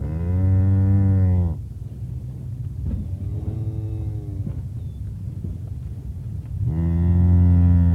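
Cow mooing: a long deep moo, a quieter lowing moo in the middle, then another long deep moo at the end, with low rumbling throughout.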